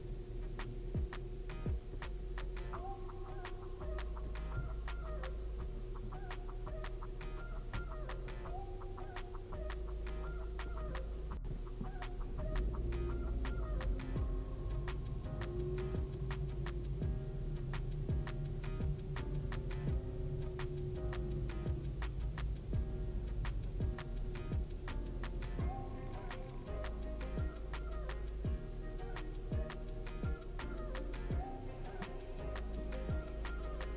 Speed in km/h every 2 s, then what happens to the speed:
2, 0, 0, 0, 0, 0, 0, 4, 10, 14, 13, 12, 8, 0, 0, 0, 0.
0-13 standing. 13-17 pulls away to 14. 17-23 steady at about 13. 23-26 brakes to 0. 26-34 standing.